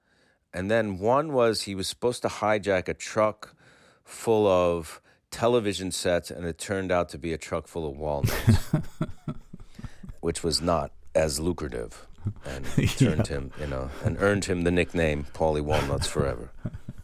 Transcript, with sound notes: And then, one was he was supposed to hijack a truck full of television sets, and it turned out to be a truck full of walnuts...
(Laughter).
...Which was not as lucrative and...
Yeah.
...Turned him, you know - and earned him the nickname Paulie Walnuts forever.